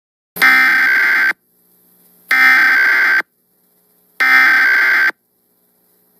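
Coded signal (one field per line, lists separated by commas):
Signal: Emergency Alert System (SAME) tones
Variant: header bursts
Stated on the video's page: Simulated custom TV screen recreation of a flash flood warning for St. Louis; the real alert was not received on TV.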